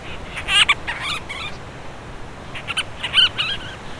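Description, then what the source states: Monteiro's storm petrel giving harsh chattering calls: two short phrases of scratchy, squeaky notes separated by a brief pause. Vocalizations.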